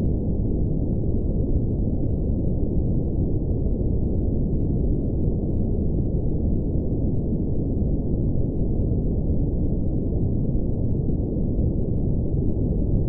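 Deep brown noise plays as a steady, unbroken rumble from start to finish. The sound sits entirely low, thick and soft, with everything above the lower middle range cut away, so it sounds muffled and smooth. Its level never changes, with no events or background sounds.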